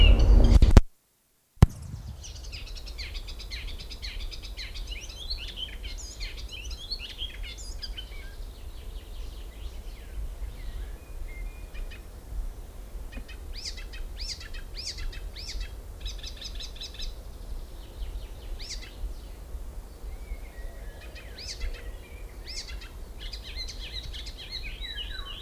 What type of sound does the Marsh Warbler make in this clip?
song